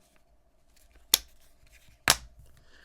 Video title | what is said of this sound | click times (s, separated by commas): Galaxy S25 Plus 600D Aramid Fiber Minimalist Case by Fiberborne - Drop & Scratch Test | Fits the phone perfectly, snaps into place, feels nice in the hand. | 1.1 s, 2.1 s